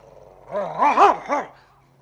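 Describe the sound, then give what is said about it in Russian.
A dog lets out a short, excited run of growling barks, three or four rising-and-falling yowling bursts in quick succession, fairly loud, with no one talking. “Посмотрите, посмотрите на собаку, Дик.”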